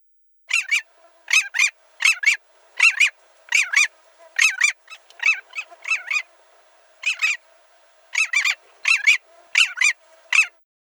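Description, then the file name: Long-tailed jaeger calling in a series of harsh, doubled nasal notes, with a pause midway. "Pomornik dlinnohvostyj"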